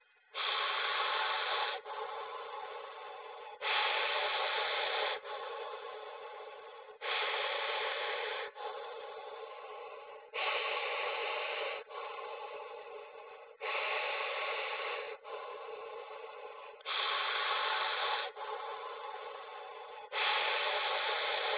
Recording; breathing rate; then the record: paced breathing near a phone; 18 breaths a minute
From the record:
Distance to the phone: 20 cm